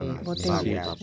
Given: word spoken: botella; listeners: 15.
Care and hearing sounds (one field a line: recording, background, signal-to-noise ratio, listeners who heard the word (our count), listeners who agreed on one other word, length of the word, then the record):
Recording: one Spanish word in noise, from a listening test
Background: four-talker babble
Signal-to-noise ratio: -2.1 dB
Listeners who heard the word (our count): 2 of 15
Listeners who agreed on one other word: 12 of 15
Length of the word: 0.63 s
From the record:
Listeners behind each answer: 12, 2, 1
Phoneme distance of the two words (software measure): 7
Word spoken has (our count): 3 syllables, 6 phonemes, stress on syllable 2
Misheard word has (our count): 3 syllables, 7 phonemes, stress on syllable 2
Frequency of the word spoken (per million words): 29.49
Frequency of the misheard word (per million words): 14.42